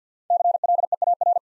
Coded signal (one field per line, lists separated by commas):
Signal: Morse code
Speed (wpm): 54 wpm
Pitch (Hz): 700 Hz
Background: none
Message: CLEAR